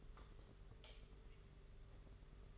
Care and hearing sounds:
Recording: daily activity, microphone in the room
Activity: light off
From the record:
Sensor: 4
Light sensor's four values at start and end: 9/25/9/11 and 7/16/6/6

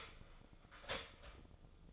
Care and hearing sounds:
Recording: daily activity, microphone in the room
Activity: start toaster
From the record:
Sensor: 5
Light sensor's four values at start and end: 88/234/95/100 and 88/234/95/100

